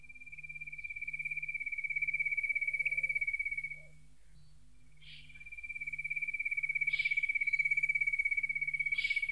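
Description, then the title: Spotted nothura calling with a rapid, high-pitched trill of pulsed notes lasting several seconds, a short pause, then the trill resumes; faint low hum in the background. Its most characteristic call, heard year-round, sounds much like a cricket; a ground-nesting walking bird of low grassland in open natural and cultivated fields, often at roadsides. "Museo de Ciencias de Bahía Blanca. Inambú"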